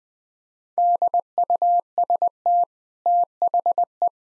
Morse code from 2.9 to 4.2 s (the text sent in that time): THE